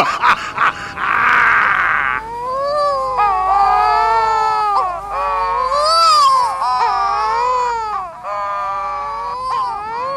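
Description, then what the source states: Wedge-tailed Shearwater courtship wailing: long, moaning, wavering tones that rise and fall, overlapping like a duet, with a brief harsher burst near the start. Courting pairs sit facing one another on the ground from dusk to midnight, puffing up their throats to duet with eerie wailing; nests on tropical Pacific and Indian Ocean islands.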